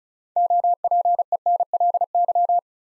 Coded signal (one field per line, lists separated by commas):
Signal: Morse code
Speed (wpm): 36 wpm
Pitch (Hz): 700 Hz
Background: none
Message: OPENLY